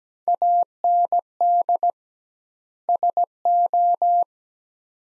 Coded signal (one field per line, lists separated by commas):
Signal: Morse code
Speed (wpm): 17 wpm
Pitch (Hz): 700 Hz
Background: none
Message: AND SO